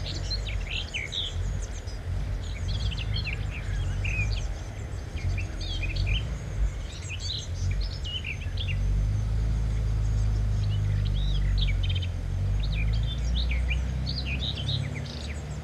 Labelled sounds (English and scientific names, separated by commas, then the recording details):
Common Whitethroat (Sylvia communis) song
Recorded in the wild
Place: Kaiserslautern, Rheinland-Pfalz, DE
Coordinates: 49.4247, 7.77889
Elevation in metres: 279
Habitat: garden
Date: 1982-06-10
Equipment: Uher 4000 Report, Brühler-Mikrophon, Parabolreflektor
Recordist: Tretzel, Erwin